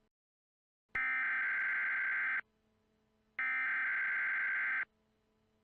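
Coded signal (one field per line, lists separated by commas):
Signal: Emergency Alert System (SAME) tones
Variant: header bursts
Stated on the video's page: Simulated scenario mock with valid EAS tones.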